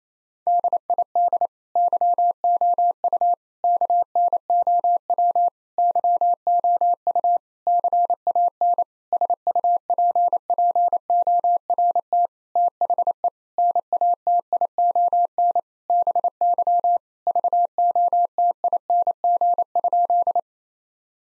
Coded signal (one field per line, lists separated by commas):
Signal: Morse code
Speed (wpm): 27 wpm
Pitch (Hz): 700 Hz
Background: none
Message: DID YOU KNOW YOU CAN SUPPORT THE NATION BY VOTING?